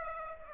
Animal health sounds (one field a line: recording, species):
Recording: mosquito wingbeat signal from an infrared sensor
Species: Aedes aegypti